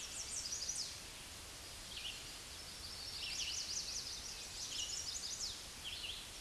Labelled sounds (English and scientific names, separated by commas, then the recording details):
Red-eyed Vireo (Vireo olivaceus) song
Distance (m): 30 m
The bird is about 15 m above the microphone
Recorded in a Pennsylvania forest on 16 May 2024 at 07:33
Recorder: AudioMoth, point MSD-0079
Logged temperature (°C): 16.1 °C
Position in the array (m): 180 m, 75 m